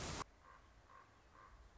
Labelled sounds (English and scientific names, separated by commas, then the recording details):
Common Raven (Corvus corax)
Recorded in Sonoma County, California